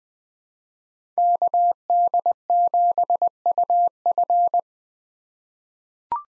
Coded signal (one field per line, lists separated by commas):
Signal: Morse code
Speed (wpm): 20 wpm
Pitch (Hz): 700 Hz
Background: none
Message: KD7UF